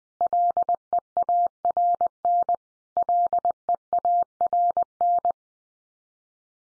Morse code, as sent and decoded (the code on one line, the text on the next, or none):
.-.. . .- .-. -. / .-.. . .- .-. -.
LEARN LEARN